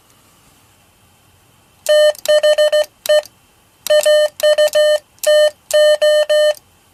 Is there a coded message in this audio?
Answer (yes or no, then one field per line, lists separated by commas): yes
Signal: Morse code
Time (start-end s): 1.9-6.5 s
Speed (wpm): 15 wpm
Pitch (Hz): 600 Hz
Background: none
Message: THE AUTO